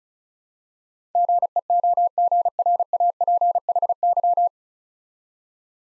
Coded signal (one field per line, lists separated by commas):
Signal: Morse code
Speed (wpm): 36 wpm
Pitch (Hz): 700 Hz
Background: none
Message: GEOGRAPHY